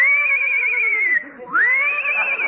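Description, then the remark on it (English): A horse named Citation whinnies loudly in a long, high, quavering call that drops briefly, then rises again into a second trembling stretch, with no talking over it. “Easy getting up on that horse.”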